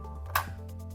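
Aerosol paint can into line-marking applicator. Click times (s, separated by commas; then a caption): 0.4 s. An aerosol paint can is inserted upside down into a ROCOL Easyline Edge line-marking applicator (new version, 2020), with the nozzle wings turned into the right position. Over a steady low hum, a faint tick at 0.3 s leads into a sharp, loud click at 0.4 s. The can clicks home and is seated.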